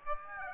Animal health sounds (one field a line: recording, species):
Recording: mosquito wingbeat signal from an infrared sensor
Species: Aedes aegypti